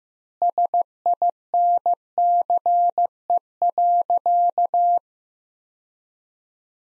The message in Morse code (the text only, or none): SINCE.